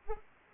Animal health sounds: mosquito wingbeat signal from an infrared sensor; Anopheles arabiensis

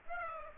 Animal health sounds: mosquito wingbeat signal from an infrared sensor; Aedes aegypti

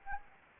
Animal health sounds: mosquito wingbeat signal from an infrared sensor; Anopheles gambiae

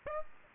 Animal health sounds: mosquito wingbeat signal from an infrared sensor; Aedes aegypti

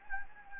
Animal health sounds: mosquito wingbeat signal from an infrared sensor; Anopheles gambiae

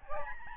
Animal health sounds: mosquito wingbeat signal from an infrared sensor; Aedes albopictus

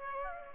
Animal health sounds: mosquito wingbeat signal from an infrared sensor; Aedes aegypti

